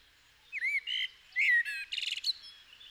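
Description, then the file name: Common blackbird song: a curved fluted note and rich warbling, then a rapid rattling chatter of high, scratchy notes. "Turdus merula"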